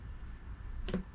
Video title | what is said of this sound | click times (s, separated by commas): There is no jump in Jack | oh clicked right in place | 0.9 s